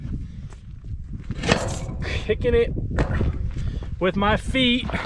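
Someone talks while a fitted flap coupler piece, with the bottom of the flap moved out, is kicked with the feet to drive it into its mount on the flap installation, giving a few short, sharp knocks over low background rumble. Nothing has seated or clicked yet.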